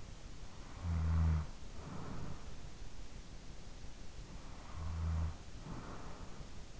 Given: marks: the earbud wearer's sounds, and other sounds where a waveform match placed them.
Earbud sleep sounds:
sounds in sleep by an in-ear microphone; snoring breath
0.15-3.04 s: snoring breath
4.29-6.80 s: snoring breath

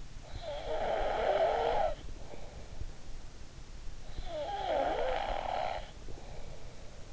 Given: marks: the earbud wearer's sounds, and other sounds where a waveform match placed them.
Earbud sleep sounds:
sounds in sleep by an in-ear microphone; snoring breath
0.21-2.97 s: snoring breath
4.20-7.12 s: snoring breath

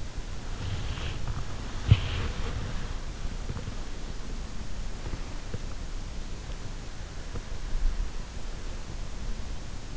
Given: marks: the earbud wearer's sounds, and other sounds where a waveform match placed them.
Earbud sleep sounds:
sounds in sleep by an in-ear microphone; body movement
0.00-7.08 s: body movement

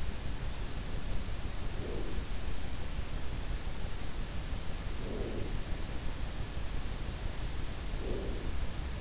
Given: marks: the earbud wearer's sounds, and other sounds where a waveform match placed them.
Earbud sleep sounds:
sounds in sleep by an in-ear microphone; breath
1.48-2.58 s: breath
4.76-5.96 s: breath
7.59-9.01 s: breath

